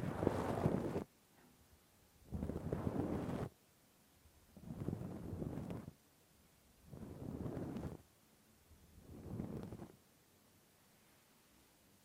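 Ear cleaning with a Q-tip in five rough, rumbling strokes about every two seconds, each a little quieter than the last, with silence between.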